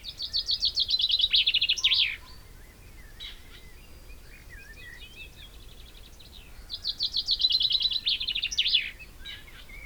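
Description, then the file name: Common chaffinch singing twice, each song a rapid trill of descending notes ending in an emphatic flourish, with soft chirps in the pause between. "Fringilla coelebs"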